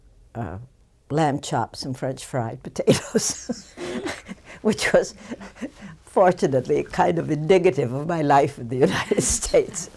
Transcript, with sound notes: uh, lamb chops and French fried potatoes. (She laughs.) Which was, fortunately, kind of indicative of my life in the United States.